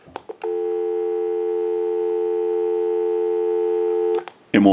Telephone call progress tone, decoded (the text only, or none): dial tone